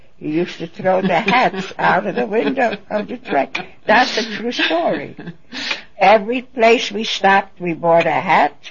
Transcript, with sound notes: He used to throw the hats out of the window of the train. ( they laugh ) That's a true story. Every place we stopped we bought a hat.